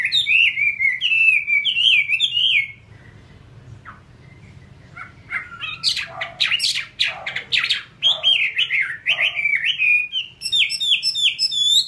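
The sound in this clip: Chinese hwamei singing a fluid run of rising and falling whistles, a brief lull, then harsher buzzy notes that turn back into bright whistled phrases. A faint low hum is audible.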